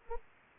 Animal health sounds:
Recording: mosquito wingbeat signal from an infrared sensor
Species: Anopheles arabiensis

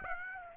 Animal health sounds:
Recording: mosquito wingbeat signal from an infrared sensor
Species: Aedes aegypti

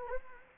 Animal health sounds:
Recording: mosquito wingbeat signal from an infrared sensor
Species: Anopheles gambiae

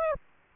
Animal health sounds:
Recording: mosquito wingbeat signal from an infrared sensor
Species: Aedes aegypti

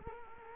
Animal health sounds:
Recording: mosquito wingbeat signal from an infrared sensor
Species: Culex quinquefasciatus

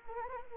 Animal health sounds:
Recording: mosquito wingbeat signal from an infrared sensor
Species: Anopheles arabiensis

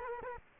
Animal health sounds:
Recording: mosquito wingbeat signal from an infrared sensor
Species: Culex quinquefasciatus

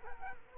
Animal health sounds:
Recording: mosquito wingbeat signal from an infrared sensor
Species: Culex quinquefasciatus

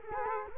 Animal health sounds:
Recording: mosquito wingbeat signal from an infrared sensor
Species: Culex quinquefasciatus

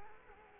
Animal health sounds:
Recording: mosquito wingbeat signal from an infrared sensor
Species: Culex quinquefasciatus

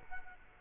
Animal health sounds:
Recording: mosquito wingbeat signal from an infrared sensor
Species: Culex quinquefasciatus

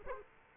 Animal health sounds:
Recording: mosquito wingbeat signal from an infrared sensor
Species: Culex quinquefasciatus

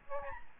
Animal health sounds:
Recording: mosquito wingbeat signal from an infrared sensor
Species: Aedes albopictus

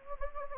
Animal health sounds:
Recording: mosquito wingbeat signal from an infrared sensor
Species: Anopheles gambiae

